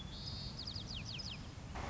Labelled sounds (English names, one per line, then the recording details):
White-crowned Sparrow
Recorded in Sonoma County, California